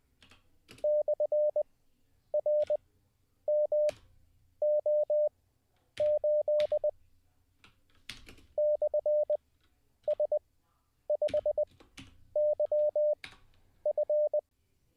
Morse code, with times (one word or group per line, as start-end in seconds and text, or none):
0.8-6.9 /RMO8
8.6-14.4 /S5YF